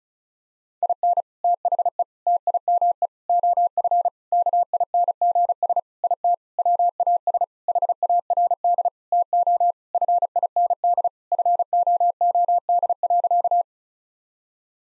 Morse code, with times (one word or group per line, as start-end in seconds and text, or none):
0.8-1.2 IN
1.4-2.0 THE
2.3-3.1 TIME
3.3-4.1 OF
4.3-5.8 KINGS
6.0-6.3 IT
6.6-7.4 WAS
7.7-8.9 HARD
9.1-9.7 TO
9.9-11.1 FIND
11.3-13.6 FOOD.